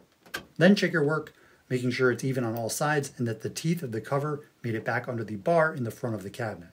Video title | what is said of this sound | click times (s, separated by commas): How To Remove Tub From LG Top-Load Washer For DEEP Cleaning WT7300CW | Sobald es in Position ist und Sie Ihre Finger aus dem Weg bekommen können, rastet es ein. | 0.3 s